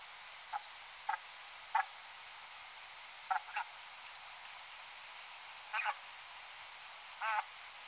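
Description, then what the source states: Brant uttering a loose series of brief nasal honks, some doubled, becoming stronger and rougher toward the end, with faint hiss throughout. At Danby on 11 October 2019 at 01:57.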